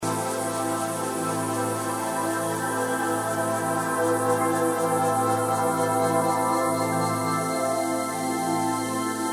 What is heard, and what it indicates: Tinnitus therapy.